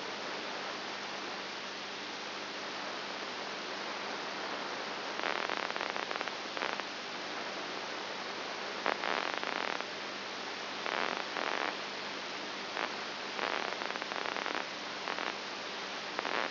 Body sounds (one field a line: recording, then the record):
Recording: brain microelectrode recording played as sound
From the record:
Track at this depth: inside the subthalamic nucleus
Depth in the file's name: 5.3 mm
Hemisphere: right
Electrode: 2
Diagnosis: Parkinson's disease